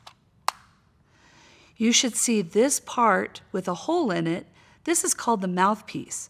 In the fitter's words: and push it away from you until you hear a click like this.